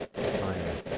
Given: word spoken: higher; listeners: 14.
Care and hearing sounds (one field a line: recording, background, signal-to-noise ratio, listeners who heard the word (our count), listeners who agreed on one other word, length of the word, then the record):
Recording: one English word in noise, from a listening test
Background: noise modulated by three-talker babble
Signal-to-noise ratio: -4.4 dB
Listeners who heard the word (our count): 0 of 14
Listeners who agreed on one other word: 7 of 14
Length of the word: 0.58 s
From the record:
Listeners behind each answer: 7, 3, 1, 1, 1, 1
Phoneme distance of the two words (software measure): 20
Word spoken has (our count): 2 syllables, 3 phonemes, stress on syllable 1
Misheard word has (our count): 1 syllable, 3 phonemes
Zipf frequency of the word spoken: 4.91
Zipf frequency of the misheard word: 6.35